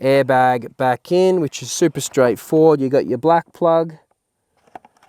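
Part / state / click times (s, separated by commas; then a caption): airbag wiring plug into clock spring connector / seated / 4.8 s. Someone talks while reinstalling the airbag on a 2005–2015 Mitsubishi Triton (MN/ML models), pushing the black airbag wiring plug into its connector on the steering column clock spring during reassembly. After the talking stops, a few faint small sounds lead to a sharp click at 4.8 s as the plug seats.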